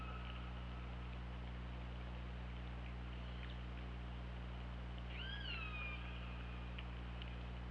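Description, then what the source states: Orca call late, a faint cry with harmonics, over steady low hum and hiss. OrcaLab, 24 August 2017, 23:28.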